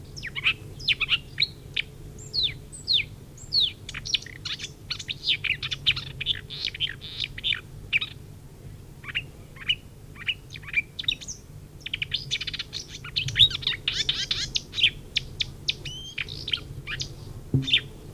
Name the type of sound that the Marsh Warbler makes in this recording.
song